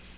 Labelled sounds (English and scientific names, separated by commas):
Magnolia Warbler (Setophaga magnolia) flight call